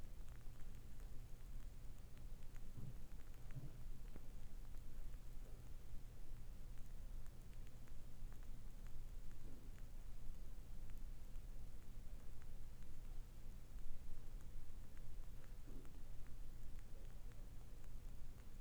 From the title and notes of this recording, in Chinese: 蠟燭燃燒的聲音。類似燒柴聲的蠟燭 ASMR。